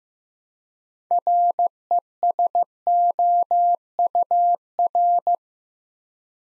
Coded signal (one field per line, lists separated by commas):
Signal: Morse code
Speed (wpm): 15 wpm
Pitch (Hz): 700 Hz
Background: none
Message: RESOUR